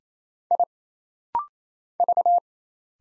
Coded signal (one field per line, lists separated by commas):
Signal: Morse code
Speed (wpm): 27 wpm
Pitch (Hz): 700 Hz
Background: none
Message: I V